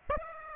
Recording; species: mosquito wingbeat signal from an infrared sensor; Aedes aegypti